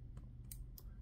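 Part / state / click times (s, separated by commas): micro SD card into tablet card slot / seated / 0.5 s, 0.8 s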